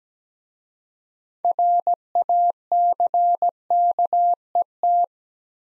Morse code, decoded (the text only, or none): RACKET